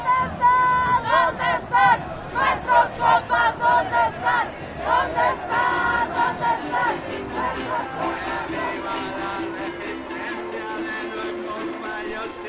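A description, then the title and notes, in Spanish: Crowd at a protest march for the 43 of Ayotzinapa, voices rising and falling in rhythmic shouts, then a steadier hum of many people. Paisaje sonoro de la manifestación del 20 de noviembre por los 43 de Ayotzinapa.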